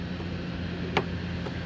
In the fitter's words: and it locks into place.